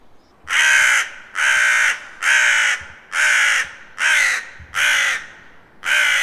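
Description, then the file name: Carrion crow uttering a steady series of seven loud, hoarse, drawn-out caws in quick succession, with a few soft low thumps in the background. "Corvus corone"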